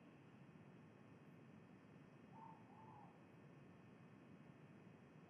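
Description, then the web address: Ivory-breasted pitta delivering a soft two-note whistle in the middle, with a further note starting at the end, amid steady low background noise. Recorded in Indonesia. "ULM-DS-Lab indonesian-bird-sounds. Pitta maxima"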